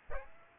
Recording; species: mosquito wingbeat signal from an infrared sensor; Aedes aegypti